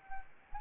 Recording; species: mosquito wingbeat signal from an infrared sensor; Anopheles arabiensis